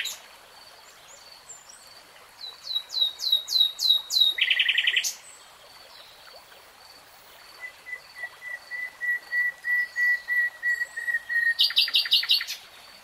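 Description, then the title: Nightingale song: rising whistled notes repeated, a rapid buzzy burst, a long string of even whistled notes, then a fast rattling trill. Nightingale singing in real time. "[Tiếng chim hót] 3 Hours REALTIME Nightingale Singing"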